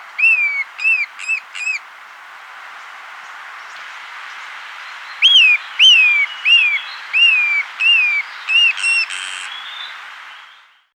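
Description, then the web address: Pale-edged Flycatcher calls: four quick whistled notes that rise then slide down, a pause, then a longer series of similar clear whistles, some loud and sharp. Recorded in South America. "Natures Songs S America Pale-Edged Flycatcher"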